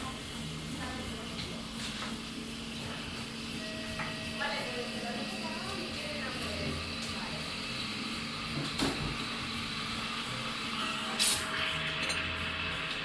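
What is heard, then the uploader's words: A busy coffee shop with a steady murmur of customers talking and a constant low hum underneath. Short clinks of crockery break through now and then, with a sharper clatter near the nine-second mark and another bright clink around eleven seconds. Ambient sound recorded along del Norte, the northern coastal route of the Camino de Santiago network of pilgrimage paths converging in Spain. These tiny meditations are made with binaural microphones, creating an immersive hyper-realistic listening experience.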